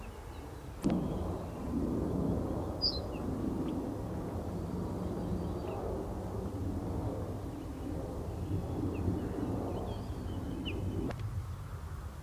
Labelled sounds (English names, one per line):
Ortolan Bunting